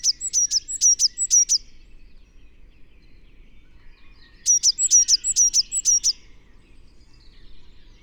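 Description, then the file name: Eurasian blue tit uttering two bursts of rapid, high, ringing notes, several in each, separated by a few seconds of quiet. "Cyanistes caeruleus"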